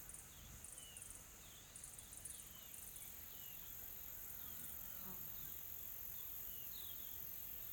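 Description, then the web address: Insects in a continuous high shrill drone, with pulsing buzzy bursts in the first three seconds and faint chirps from birds scattered throughout. Soft, calm insect ambience in a tropical forest in South Africa. "Sonniss com - GDC 2020-Game Audio Bundle Smart Sound FX - Nature South Africa AMBIENCE Additional Tropical Forest Soft Insects Calm"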